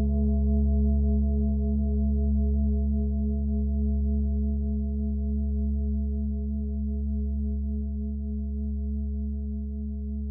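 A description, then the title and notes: A crystal bowl hums with a deep, steady ringing tone and soft overtones, slowly fading over ten seconds with no other sounds. Crystal bowl sound bath.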